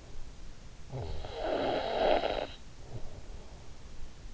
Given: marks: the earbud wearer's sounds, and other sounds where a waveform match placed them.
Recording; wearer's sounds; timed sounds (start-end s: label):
sounds in sleep by an in-ear microphone; snoring breath
0.70-4.16 s: snoring breath